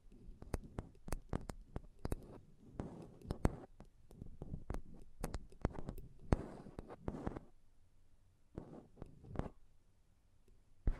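Mic tapping and scratching: sharp knocks arrive irregularly, several per second, over rough low scraping, then thin out after eight seconds, with one late tap.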